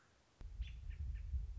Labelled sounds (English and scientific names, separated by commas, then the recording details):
American Robin (Turdus migratorius)
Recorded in Sonoma County, California